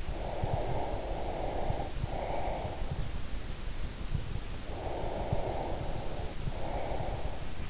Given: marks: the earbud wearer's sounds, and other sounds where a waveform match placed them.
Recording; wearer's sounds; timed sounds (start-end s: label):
sounds in sleep by an in-ear microphone; breath
0.14-3.15 s: breath
4.60-7.70 s: breath